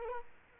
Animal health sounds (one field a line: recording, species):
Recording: mosquito wingbeat signal from an infrared sensor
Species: Culex quinquefasciatus